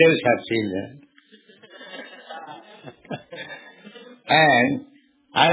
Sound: laughter